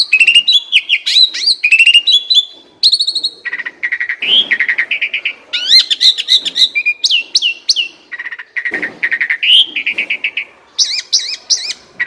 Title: Masteran Jalak Suren. Burung KURANG GACOR Dan LOYO